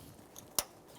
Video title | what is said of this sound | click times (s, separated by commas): How to Replace Headlights 2008-2017 Mitsubishi Lancer | Listen for an audible click. Make sure it's secured in place. | 0.6 s